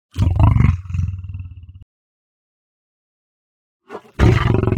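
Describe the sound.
Lion snarls with a loud breathy burst fading into low rumbling growl, then after a long silence a short huff and another harsh snarl.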